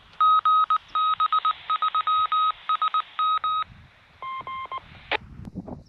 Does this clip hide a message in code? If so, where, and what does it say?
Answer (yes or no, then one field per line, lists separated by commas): yes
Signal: Morse code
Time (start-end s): 0.2-3.6 s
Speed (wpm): 19 wpm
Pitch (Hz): 1260 Hz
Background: none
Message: GB3SM